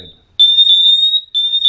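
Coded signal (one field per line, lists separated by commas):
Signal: alarm pattern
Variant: Cavius smoke alarm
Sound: piercing high-pitched alarm tone, two units slightly out of step, short break midway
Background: indoor room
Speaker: these are interconnected. If one goes off, they all go off. So I'm going to spray smoke into one of them.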